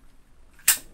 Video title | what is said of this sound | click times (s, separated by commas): paano mag linis 5.56 R4 rifle | yan. Tawan niyo lang. Okay, nag-lock na siya. | 0.7 s